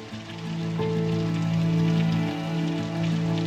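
Torrential rain pours down in the early morning in a dense, unbroken hiss, steady and fairly loud throughout, with low sustained tones droning underneath like background music.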